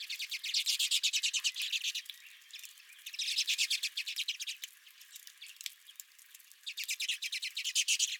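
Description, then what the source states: Redpolls chattering in fast runs of dry, buzzy notes, loud bursts separated by softer twittering. Several redpolls at the recordist's own feeder.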